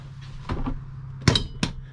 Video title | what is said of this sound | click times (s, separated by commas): Used 2018 Lance 975 Available Now - True Dry Camp/Offgrid Ready, Four Season Truck Camper | just locks into place | 1.3 s, 1.6 s